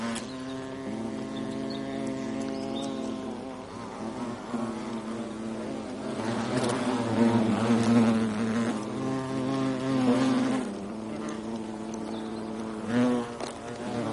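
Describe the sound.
European hornet buzzing, low humming drones that shift and waver in pitch, rising in loudness around the middle with a brief louder burst near the end.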